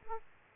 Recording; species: mosquito wingbeat signal from an infrared sensor; Aedes aegypti